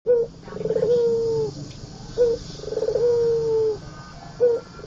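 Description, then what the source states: Barbary dove repeating its call: a short clipped coo, then a rolling, vibrating coo drawn out into a low steady tone, twice, with another short note at the end. White Barbary dove; training recording (masteran) made for teaching songbirds.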